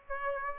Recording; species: mosquito wingbeat signal from an infrared sensor; Aedes aegypti